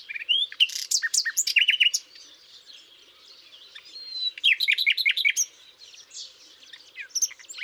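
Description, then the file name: Common nightingale song: loud varied phrases of whistles, clicks and rapid notes in bursts separated by quieter gaps. "Luscinia megarhynchos"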